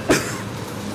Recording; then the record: coughing mixed with background sound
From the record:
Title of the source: 34 coughing up crap again